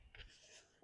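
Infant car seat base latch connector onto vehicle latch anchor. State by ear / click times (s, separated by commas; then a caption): not seated / none. A Doona infant car seat base's latch connector is handled against the car's latch anchor, with a short rubbing, scraping burst at about 0.2 s over low handling rumble. It fades into quiet friction noise, and nothing has seated or clicked yet.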